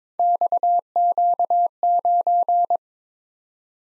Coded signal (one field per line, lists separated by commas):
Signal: Morse code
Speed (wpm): 22 wpm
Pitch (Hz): 700 Hz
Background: none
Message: XQ9